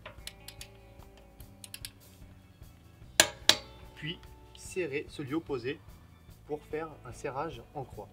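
A click-type torque wrench set to 115 N·m gives a wheel nut on a car wheel stud its final tightening. Quiet ratcheting clicks are followed by a loud, sharp double click at 3.2 s and 3.5 s as the set torque is reached. Someone then talks.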